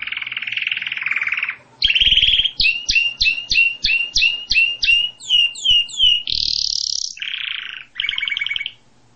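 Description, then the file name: Canary song: a bright buzzy trill, then rapid repeated whistled notes about three per second, a rising sweep, a harsh rattle and a final quick trill. "Canary Voice"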